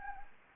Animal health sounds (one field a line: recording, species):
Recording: mosquito wingbeat signal from an infrared sensor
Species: Anopheles gambiae